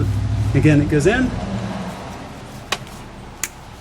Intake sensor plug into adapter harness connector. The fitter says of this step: Got a nice click. Both plugs are in.